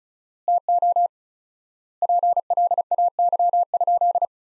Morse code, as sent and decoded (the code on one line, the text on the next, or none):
- --- / .--. .-.. .- -.-- ..--..
TO PLAY?